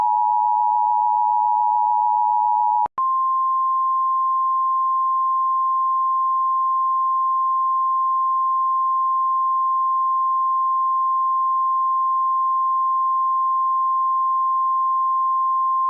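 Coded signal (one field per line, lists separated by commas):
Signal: Emergency Alert System (SAME) tones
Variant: 853 and 960 Hz attention tone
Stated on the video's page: Recreated DTV transition alert, not a real broadcast, made in 2008.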